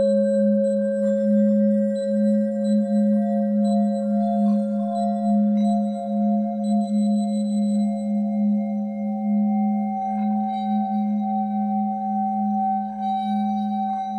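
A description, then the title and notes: Healing bowls ring in a steady, overlapping drone, a low warm hum with gentle pulsing beats and a few bright, faint overtones above. HEALING BOWLS FOR LAKE COUNTY.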